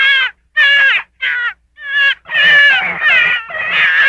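Gray fox giving four short, clear, quavering yelps with pauses, then a longer run of harsher, scratchy, drawn-out whining calls.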